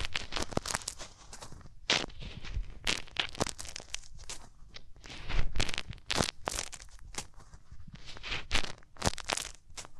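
Hands rub over ears in a rapid, uneven run of bright, scratchy swipes and crinkles, some sharp and papery. The strokes come in quick bursts a few times a second with brief quiet gaps, over a low soft rumble throughout.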